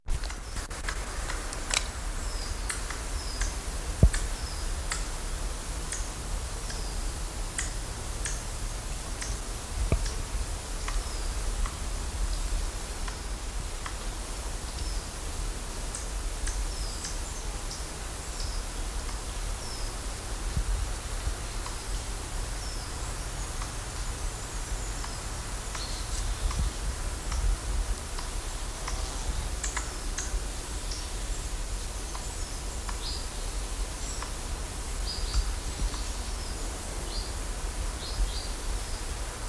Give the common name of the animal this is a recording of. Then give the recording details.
Eurasian Red Squirrel. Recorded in the wild. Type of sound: call. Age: adult. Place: Lienen, Nordrhein-Westfalen, DE. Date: 1991-09-14 12:21. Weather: sunny, 23,8°C. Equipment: Marantz, Sennheiser ME 80, Kopie Tesla B 116. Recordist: Tembrock, Günter. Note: Dunkle Form: Lautfolgen, auf Beobachter bezogen. Lienen am Teutoburger Wald